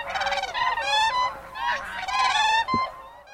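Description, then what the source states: Siberian crane calls: loud, harmonically rich, trumpeting notes in bursts with brief pauses between phrases. Played as a sad crane call; the Siberian crane's call differs from the common crane's.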